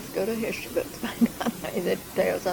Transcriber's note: laughter